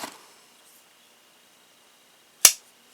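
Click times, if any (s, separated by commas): 2.4 s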